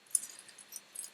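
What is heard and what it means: A plastic model kit piece that is hard to grip is pushed in by hand into its mating part and snaps into place with a sharp click at 0.2 s. Smaller high-pitched clicks and rattles follow at about 0.6, 0.8, 1.0 and 1.2 s. The piece is seated.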